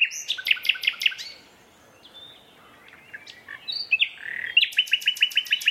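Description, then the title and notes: Common nightingale song: a string of sharp repeated notes, a pause with faint whistles, then another fast series of loud repeated notes. Two males singing a competitive duet at dusk in a dense thorn thicket, north Dorset countryside woodland. "Sound Escape: An astonishing nightingale duet in a Dorset woodland. BBC Countryfile Magazine's Sound Escapes"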